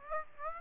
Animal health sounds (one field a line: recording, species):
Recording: mosquito wingbeat signal from an infrared sensor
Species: Aedes aegypti